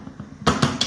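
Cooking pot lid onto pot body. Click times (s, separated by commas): 0.8 s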